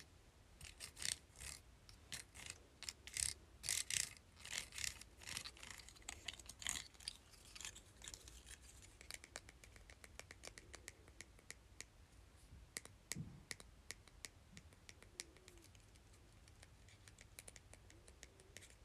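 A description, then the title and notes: A plastic claw clip being handled, its hinge snapping and clicking in a quick, uneven run of sharp, bright ticks. The clicks come thickest in the first seven seconds, then thin into lighter, faster taps, with a low thump near thirteen seconds. ASMR Claw Clip.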